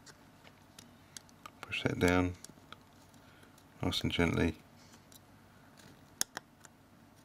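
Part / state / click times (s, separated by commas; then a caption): secondary camera connector into smartphone mainboard / seated / 6.2 s, 6.4 s. Someone talks while the front (secondary) camera module and its plug are pressed gently down into the mainboard of a Samsung Galaxy S2 smartphone, with faint small ticks and taps in between. The connector snaps into place with sharp clicks at 6.2 s and 6.4 s and is seated.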